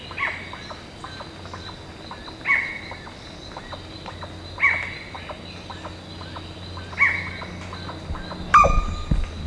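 Bird calls: rasping downward notes repeated about every two seconds, five in all, the last sharper and louder, with light ticking and steady hum in the background.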